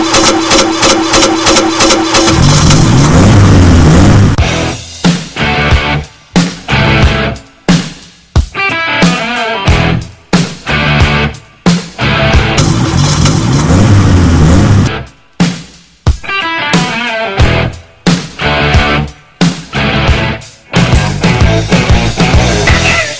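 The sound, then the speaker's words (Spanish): A car engine cranks and roars to life, then revs hard in repeated loud bursts, the rough mechanical growl surging and dropping with brief gaps, with no voices. “¡Arranquen motores!”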